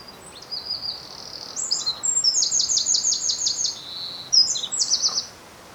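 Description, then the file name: Eurasian wren delivering an energetic, shrill song of quick piercing notes and a machine-gun trill in the middle, ending with a brief high flourish, against faint constant background hiss. "Troglodytes troglodytes"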